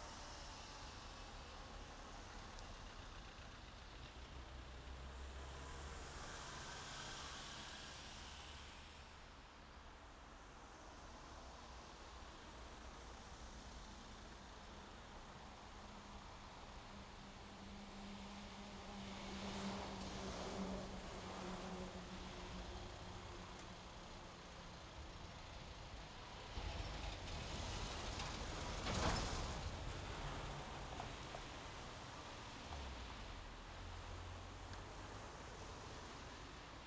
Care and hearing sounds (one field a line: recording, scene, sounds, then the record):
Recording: everyday scene through a hearing-aid microphone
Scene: in traffic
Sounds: traffic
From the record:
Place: main road on the outskirts, rush hour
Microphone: in the ear canal, left